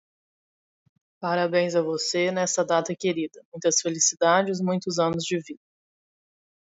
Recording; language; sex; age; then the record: short text; Brazilian Portuguese; female; 30 to 39 years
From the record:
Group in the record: control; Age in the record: 30 years